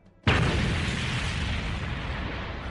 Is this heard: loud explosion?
yes